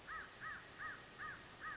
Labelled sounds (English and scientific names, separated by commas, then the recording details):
American Crow (Corvus brachyrhynchos)
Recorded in Sonoma County, California